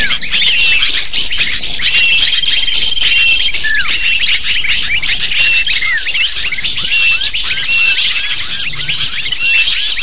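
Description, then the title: Lovebird chatter, with piercing squeaky chirps packed tightly together and a few longer whistled notes over an unbroken din of calls. Lure used to attract lovebirds. "PIKAT BURUNG LOVEBIRD"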